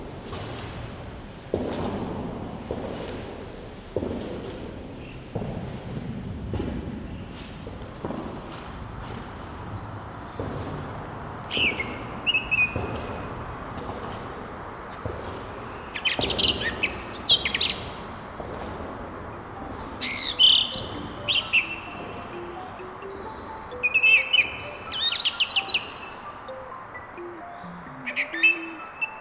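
Birdsong in a bog: short bright chirps and trills come and go, most densely from about 15 to 25 seconds. Through the first half, regular low thumps and murmurs, like footsteps or handling, sit under a steady soft background hiss.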